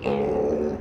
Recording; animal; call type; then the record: contact call of a hoofed animal; pig; closed-mouth grunt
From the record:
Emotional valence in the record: negative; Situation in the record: short social isolation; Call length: 0.81 s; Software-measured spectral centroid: 1050 Hz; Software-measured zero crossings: 940 a second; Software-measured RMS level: -24 dBFS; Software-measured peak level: -14 dBFS